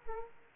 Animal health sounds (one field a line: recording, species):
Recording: mosquito wingbeat signal from an infrared sensor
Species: Aedes aegypti